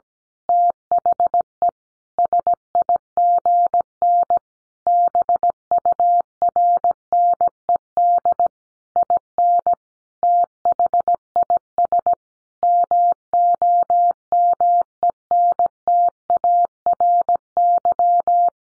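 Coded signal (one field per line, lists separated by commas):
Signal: Morse code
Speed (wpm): 17 wpm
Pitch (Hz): 700 Hz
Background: none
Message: THE SIGN BURNED IN THIS MOMENTARY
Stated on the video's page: Morse head-copy sentence practice at 17 wpm.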